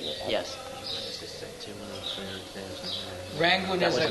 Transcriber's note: devotees talking in background